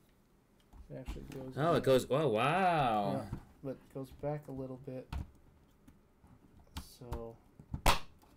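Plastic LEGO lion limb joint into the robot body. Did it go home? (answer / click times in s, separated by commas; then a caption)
no / none. Someone talks while rotating and pushing a plastic LEGO lion limb's Technic joint into the robot body, with a few brief sharp handling taps near the end. The part is still being handled, and nothing has seated or clicked yet.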